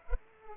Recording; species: mosquito wingbeat signal from an infrared sensor; Culex pipiens